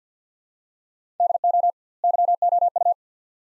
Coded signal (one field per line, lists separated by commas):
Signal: Morse code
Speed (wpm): 50 wpm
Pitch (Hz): 700 Hz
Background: none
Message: DO YOU